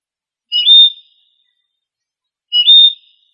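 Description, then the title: Bird call: two short, high whistled chirps about two seconds apart, with no other sounds. "LuckyPassaros CompletosSama"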